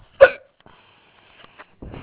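A single sharp, abrupt hiccup from an adult woman, with a brief voiced catch, during her fourth bout of hiccups that day, followed by faint breathing and quiet room noise.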